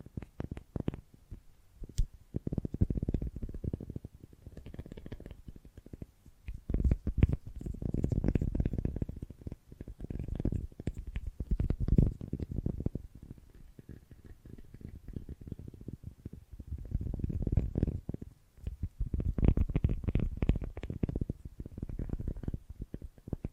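Foamy, sticky brain massage sounds: dense, low squelching swells come and go every few seconds, speckled with fine crackles and pops throughout.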